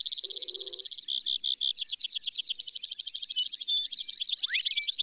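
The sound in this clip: Brewer's sparrow song, a long high buzzy series of rapid trills shifting in pitch and speed, with a brief low rustle near the start.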